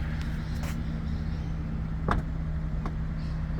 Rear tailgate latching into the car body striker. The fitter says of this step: and locks into place.